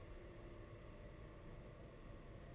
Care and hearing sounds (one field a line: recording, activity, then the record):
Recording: daily activity, microphone in the room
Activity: take from stove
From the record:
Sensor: 4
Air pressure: 992.8 hPa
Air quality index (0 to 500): 175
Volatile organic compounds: 331 ppm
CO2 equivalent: 4546 ppm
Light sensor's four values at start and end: 4/10/4/4 and 4/10/4/4